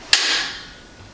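The locking knob is pulled on a quilting frame rail and the rail is twisted until its locking pin seats. A sharp, bright click sounds at 0.1 s and fades over about half a second. The rail clicks into position and is in place.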